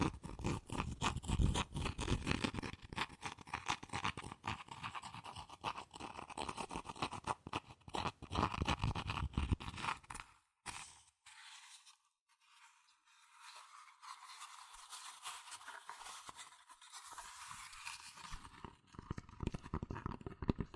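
Fast tapping and scratching on cardboard and paper, dense and rapid for the first ten seconds with a full, rough texture. After a brief near-silence around eleven seconds, lighter, thinner scratching and tracing resumes, growing busier toward the end.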